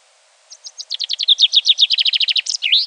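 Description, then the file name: Common chaffinch song: a fast run of descending chirped notes that speeds into a rattling series and ends in a brief flourish, lasting about two and a half seconds. "Fringilla coelebs"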